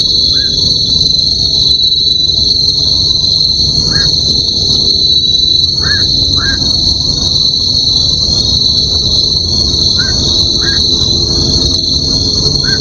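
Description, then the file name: Bell cricket song: a steady, high, ringing trill that never pauses, with several short rising chirps at intervals. "suzumushi"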